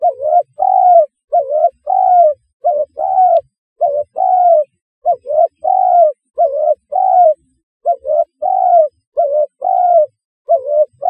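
Spotted dove cooing: low soft two- and three-note phrases repeated steadily almost without pause, each ending in a longer drawn coo.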